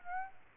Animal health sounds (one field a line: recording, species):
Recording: mosquito wingbeat signal from an infrared sensor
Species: Aedes aegypti